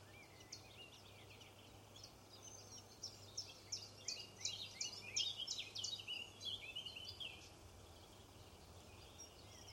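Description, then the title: Robin chirping, a quick string of high thin twittering notes, densest in the middle seconds, over a steady low hum. "Robin Birds Chirping"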